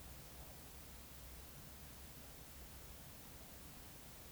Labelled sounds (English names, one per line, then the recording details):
Eurasian Woodcock croak
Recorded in Baden-Württemberg, Germany, on 19 May 2021 at 20:28 UTC
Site 24608, 624 m above sea level